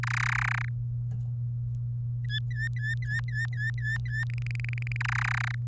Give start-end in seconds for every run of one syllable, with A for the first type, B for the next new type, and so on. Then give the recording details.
0.03-0.69 A, 2.25-4.24 B, 4.30-4.97 C, 5.00-5.55 A. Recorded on 24 April 2018 at 07:10. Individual llb3